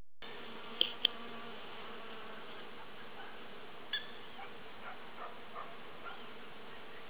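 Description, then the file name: Bee buzzing as a steady, low droning hum that holds evenly throughout, with a few brief sharp clicks near the start and middle. "abeja"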